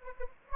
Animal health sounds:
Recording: mosquito wingbeat signal from an infrared sensor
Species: Anopheles gambiae

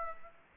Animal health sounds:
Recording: mosquito wingbeat signal from an infrared sensor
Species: Aedes aegypti

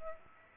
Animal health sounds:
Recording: mosquito wingbeat signal from an infrared sensor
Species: Culex pipiens

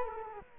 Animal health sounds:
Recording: mosquito wingbeat signal from an infrared sensor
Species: Culex quinquefasciatus

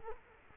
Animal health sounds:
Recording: mosquito wingbeat signal from an infrared sensor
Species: Culex quinquefasciatus

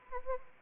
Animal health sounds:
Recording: mosquito wingbeat signal from an infrared sensor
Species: Anopheles arabiensis

